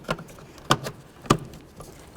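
The second wiring harness connector is lined up and pushed onto the sensor on the thermostat housing of a 2007-2017 Jeep Compass, then tugged to check it is secured. A sharp click at 0.7 s marks it seating, followed by a second, quieter snap at 1.3 s among faint handling noises. The connector is confirmed seated.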